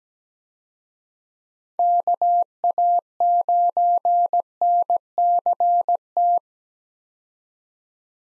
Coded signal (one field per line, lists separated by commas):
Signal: Morse code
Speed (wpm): 17 wpm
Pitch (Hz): 700 Hz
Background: none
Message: KA9NCT